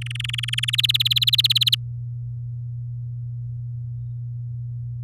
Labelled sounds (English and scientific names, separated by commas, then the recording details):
Domestic Canary (Serinus canaria) song
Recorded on 8 May 2018 at 09:46
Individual llb16